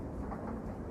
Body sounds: background sound without coughing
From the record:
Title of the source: Train Ride Ambience ambient white noise for sleeping, focus, studying, reading

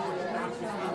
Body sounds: coughing mixed with background sound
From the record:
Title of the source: female coughing - coughing sound effects girl

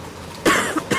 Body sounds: coughing mixed with background sound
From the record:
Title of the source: 31 night wet cough

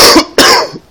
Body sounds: coughing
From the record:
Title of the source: Coughing 60

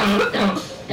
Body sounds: coughing mixed with background sound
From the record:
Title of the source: Barking cough - # 10

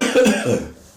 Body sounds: coughing mixed with background sound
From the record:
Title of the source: Spring Cold Coughing.

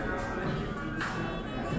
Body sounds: background sound without coughing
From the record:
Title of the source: 60 minutes of coffee shop sounds for study and concentration

